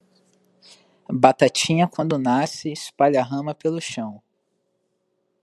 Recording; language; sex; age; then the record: short text; Brazilian Portuguese; male; 20 to 29 years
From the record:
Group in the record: control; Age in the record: 25 years